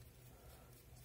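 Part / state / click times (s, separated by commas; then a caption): machine screw into plastic toy car chassis screw hole / not seated / none. A machine screw is turned into a plastic mini 4WD chassis hole that is meant for a tapping screw. Only a steady low hum and faint broadband noise are heard, with no sudden sounds. The thread is too fine for the hole, so the screw spins freely and never bites or tightens, and nothing has seated or clicked yet.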